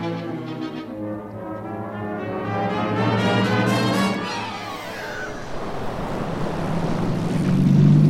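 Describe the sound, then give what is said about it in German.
A small motorboat, being steered unsteadily, drones with a steady, low, harmonic engine hum, joined by rushing, splashing water that grows louder toward the end; no one speaks. “Geradeaus, oder Sie werden das Boot noch umkippen!”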